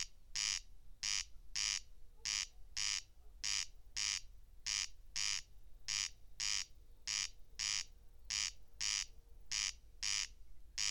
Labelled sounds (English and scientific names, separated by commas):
Corn Crake (Crex crex) song